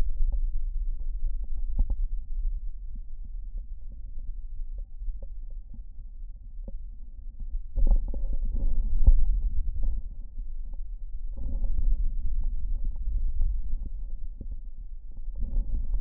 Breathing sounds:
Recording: lung sounds by stethoscope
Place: left posterior basal chest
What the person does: quiet breathing, then deep breathing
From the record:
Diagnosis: COPD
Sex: male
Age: 70 years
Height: 163 cm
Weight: 64.6 kg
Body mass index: 24.3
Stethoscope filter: diaphragm mode

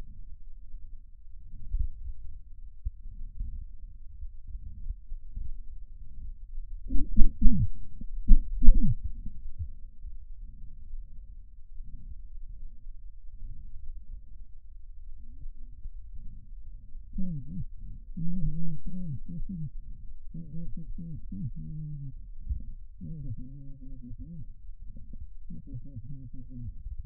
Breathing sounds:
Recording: lung sounds by stethoscope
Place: left anterior apical chest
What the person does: quiet breathing, then cough and speech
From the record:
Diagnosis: interstitial lung disease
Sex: male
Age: 72 years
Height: 167 cm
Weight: 74 kg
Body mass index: 26.5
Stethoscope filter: bell mode

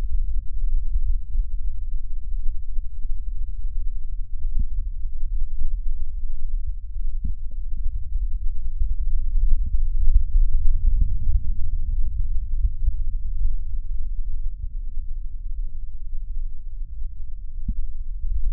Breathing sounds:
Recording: lung sounds by stethoscope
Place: right anterior apical chest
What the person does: quiet breathing, then deep breathing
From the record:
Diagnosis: COPD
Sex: male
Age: 60 years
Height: 171 cm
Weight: 59.4 kg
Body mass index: 20.3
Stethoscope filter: bell mode

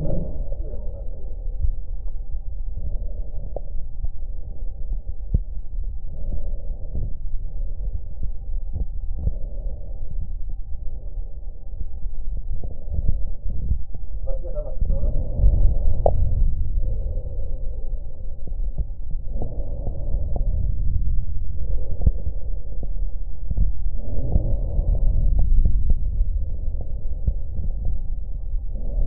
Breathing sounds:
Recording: lung sounds by stethoscope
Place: left anterior apical chest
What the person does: quiet breathing, then deep breathing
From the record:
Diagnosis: pulmonary infection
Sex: male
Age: 74 years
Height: 171 cm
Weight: 80 kg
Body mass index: 27.4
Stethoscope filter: extended mode

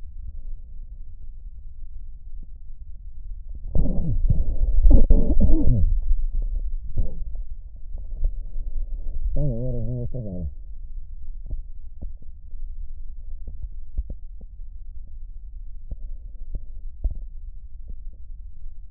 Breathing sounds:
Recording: lung sounds by stethoscope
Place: left posterior basal chest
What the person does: quiet breathing, then cough and speech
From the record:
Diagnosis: interstitial lung disease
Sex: male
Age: 61 years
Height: 172 cm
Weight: 71 kg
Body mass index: 24.0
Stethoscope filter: extended mode

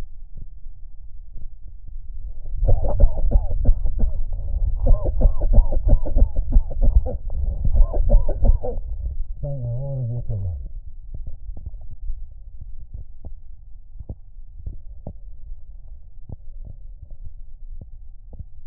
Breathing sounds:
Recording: lung sounds by stethoscope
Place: left anterior apical chest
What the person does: quiet breathing, then cough and speech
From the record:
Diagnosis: COPD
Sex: male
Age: 70 years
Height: 183 cm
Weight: 116 kg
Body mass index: 34.6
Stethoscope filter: extended mode

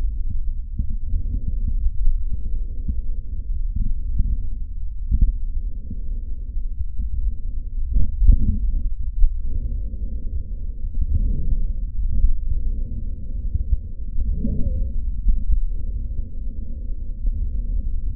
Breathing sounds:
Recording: lung sounds by stethoscope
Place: trachea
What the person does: quiet breathing, then deep breathing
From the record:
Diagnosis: COPD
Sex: male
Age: 78 years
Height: 162 cm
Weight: 66.4 kg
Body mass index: 25.3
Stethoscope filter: bell mode

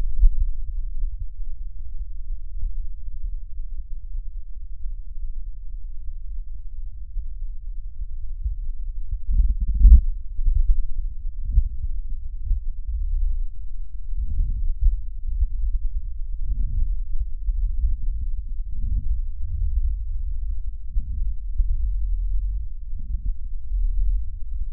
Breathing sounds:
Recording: lung sounds by stethoscope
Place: right posterior basal chest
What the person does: quiet breathing, then deep breathing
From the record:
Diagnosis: interstitial lung disease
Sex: male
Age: 82 years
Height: 158 cm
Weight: 49 kg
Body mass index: 19.6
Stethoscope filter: bell mode

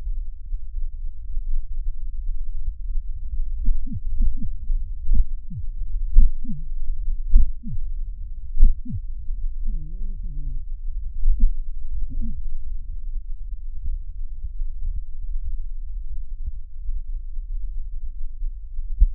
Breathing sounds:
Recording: lung sounds by stethoscope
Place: left anterior apical chest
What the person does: quiet breathing, then cough and speech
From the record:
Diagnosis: COPD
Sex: male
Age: 72 years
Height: 172 cm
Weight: 58.6 kg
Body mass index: 19.8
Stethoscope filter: bell mode

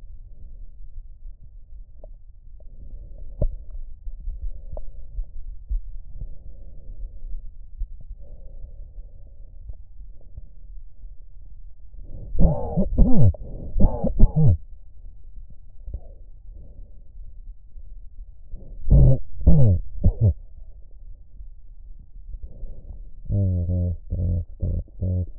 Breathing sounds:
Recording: lung sounds by stethoscope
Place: right anterior apical chest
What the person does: quiet breathing, then cough and speech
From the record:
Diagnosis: none (healthy)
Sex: male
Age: 34 years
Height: 174 cm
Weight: 93 kg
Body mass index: 30.7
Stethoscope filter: extended mode

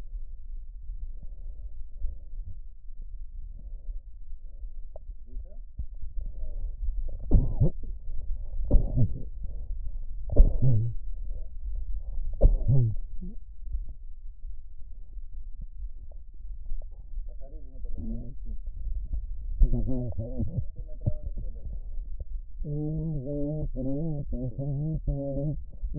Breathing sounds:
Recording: lung sounds by stethoscope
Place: right posterior apical chest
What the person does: quiet breathing, then cough and speech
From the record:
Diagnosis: COPD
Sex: female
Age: 80 years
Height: 160 cm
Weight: 62 kg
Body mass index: 24.2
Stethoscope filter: extended mode

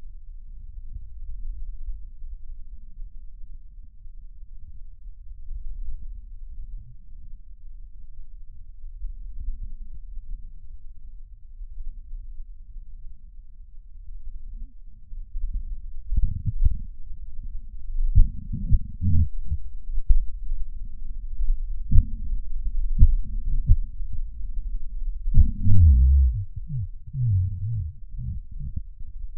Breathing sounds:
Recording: lung sounds by stethoscope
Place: right posterior apical chest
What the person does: quiet breathing, then cough and speech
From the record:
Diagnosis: pulmonary infection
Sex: male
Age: 69 years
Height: 184 cm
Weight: 115 kg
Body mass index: 34.0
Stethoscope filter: bell mode

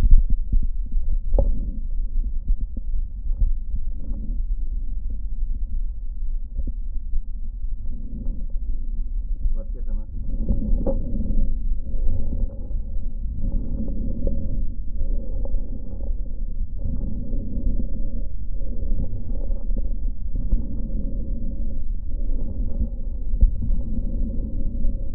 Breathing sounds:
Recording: lung sounds by stethoscope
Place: left posterior apical chest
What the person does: quiet breathing, then deep breathing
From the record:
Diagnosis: pulmonary infection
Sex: male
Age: 86 years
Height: 165 cm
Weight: 65 kg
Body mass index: 23.9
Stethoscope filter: diaphragm mode

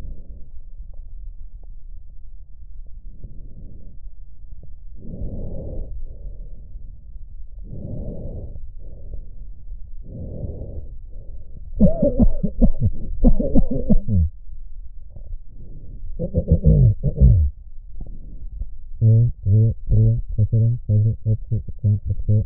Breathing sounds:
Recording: lung sounds by stethoscope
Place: left posterior basal chest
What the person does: quiet breathing, then cough and speech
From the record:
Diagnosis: none (healthy)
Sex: male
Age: 45 years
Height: 173 cm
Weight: 92 kg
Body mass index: 30.7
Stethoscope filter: extended mode

